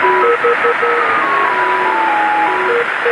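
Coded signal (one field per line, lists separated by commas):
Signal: numbers station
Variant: Lincolnshire Poacher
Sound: electronic two-part tune of short and held notes through heavy radio hiss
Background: radio static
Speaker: one known as the Lincolnshire pocha and believed to be run by the British out of Cyprus broadcast nothing but strings of numbers and this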